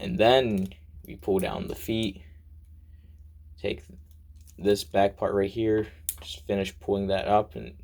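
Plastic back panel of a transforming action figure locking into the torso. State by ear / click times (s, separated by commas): not seated / none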